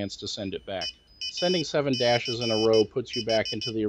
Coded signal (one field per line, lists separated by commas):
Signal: Morse code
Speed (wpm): 15 wpm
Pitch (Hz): 3000 Hz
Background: speech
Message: EACH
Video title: Arduino Morse Code Practice Oscillator and Trainer